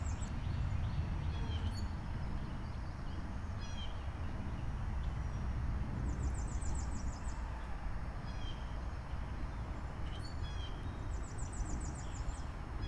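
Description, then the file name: Birds chirping: short high chirps scattered throughout, with two fast, high trills of rapid repeated notes around six and eleven seconds, over a steady low rumble. Recorded outside. "Birds Chirping outside Krucifix Productions"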